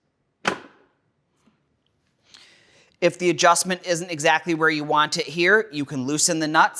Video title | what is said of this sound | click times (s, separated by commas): How to install VOVO VB 6000SE Bidet Seat | and slide it into place. You'll hear it click when it locks into place. | 0.5 s